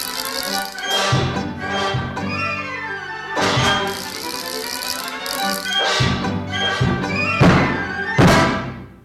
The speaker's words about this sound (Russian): Заводная механическая игрушка.